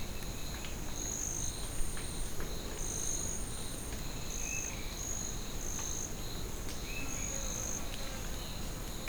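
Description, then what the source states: High pulsed cricket chirps repeat over an insect drone, with low background rumble. Crickets in ambience at Parque Nacional de Anavilhanas, Novo Airão, Amazonas, Brazil; stereo, Zoom H6.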